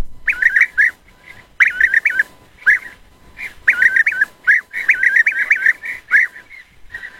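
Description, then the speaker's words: European Bee-eater calls: liquid, rolling trilled notes delivered in quick bursts of several, separated by short pauses, with a quiet hum beneath. "Et pour conclure, voici le chant du guêpier d'Europe."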